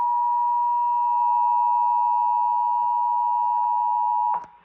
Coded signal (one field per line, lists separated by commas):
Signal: Emergency Alert System (SAME) tones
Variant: 853 and 960 Hz attention tone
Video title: Severe Thunderstorm Warning #3 EAS (Cox) 5/1/25